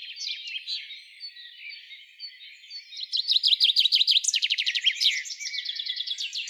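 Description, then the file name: Common chaffinch singing. Soft chirps come first, then a loud, fast run of repeated notes, followed by a quieter trill. "Fringilla coelebs"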